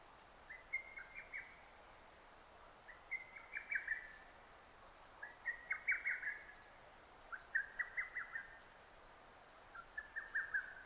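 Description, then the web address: Lesser cuckoo song, five fairly faint, rapid whistled phrases spaced about two seconds apart, heard through noticeable background hiss. Recorded 6 June 2009. "sounds data 2009 D 50-hototogisu-20090606"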